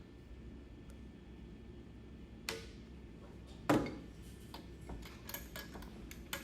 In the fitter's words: twist twist until it clicks I